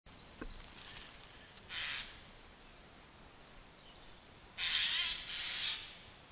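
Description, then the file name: Eurasian jay uttering three rough, noisy screeches, one alone and then a close pair after a pause, in an otherwise quiet setting. "Garrulus glandarius"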